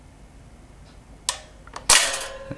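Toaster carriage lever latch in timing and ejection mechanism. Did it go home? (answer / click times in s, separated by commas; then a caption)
yes / 1.3 s, 1.9 s. The carriage lever of an opened toaster is pushed down until the latch in its timing and ejection mechanism catches. A sharp metallic click comes at 1.3 s and faint ticks follow, then a louder click at 1.9 s rings out with a sustained tone as it fades. The latch is seated.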